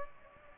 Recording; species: mosquito wingbeat signal from an infrared sensor; Aedes aegypti